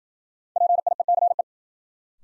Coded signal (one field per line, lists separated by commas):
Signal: Morse code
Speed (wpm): 52 wpm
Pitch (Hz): 700 Hz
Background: none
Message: PIECE